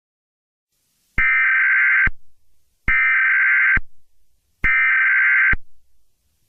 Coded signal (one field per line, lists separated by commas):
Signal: Emergency Alert System (SAME) tones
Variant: header bursts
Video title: (EAS Scenario) Wildfire (Walking Dead)